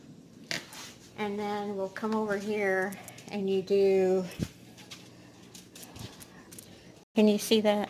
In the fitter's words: yeah push that till it clicks and then